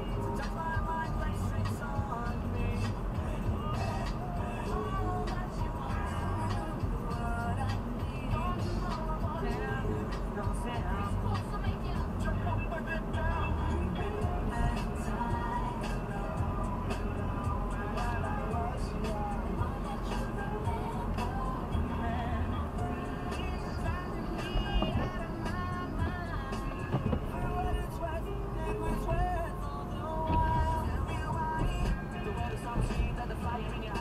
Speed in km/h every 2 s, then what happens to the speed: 54, 54, 54, 54, 55, 55, 55, 54, 54, 55, 55, 54, 50, 43, 41, 45, 44.
0-21 steady at about 54. 21-26 slows to 43. 26-34 steady at about 43.